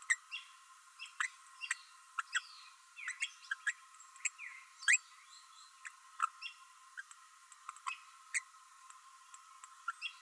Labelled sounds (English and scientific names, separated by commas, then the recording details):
Green-rumped Parrotlet (Forpus passerinus) babbling
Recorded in a nest box in Venezuela
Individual 18B12A3